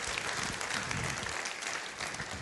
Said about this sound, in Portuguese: Então aplauda ao Senhor, dando glórias ao nome dele. Dá glória a Deus, dá aleluia.